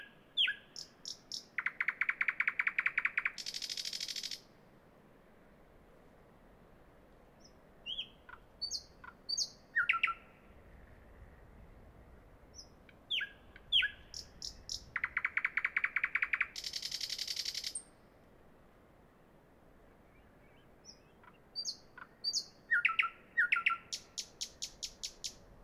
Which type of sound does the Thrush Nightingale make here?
song